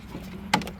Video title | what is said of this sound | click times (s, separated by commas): Hyundai Elantra 2014 Window Regulator & Motor Repair | And it like locks into place. | 0.5 s